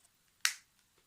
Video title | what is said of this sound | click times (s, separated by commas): Transformers WFC Kingdom, Leader Beast Wars Megatron Review! | clicks into place | 0.4 s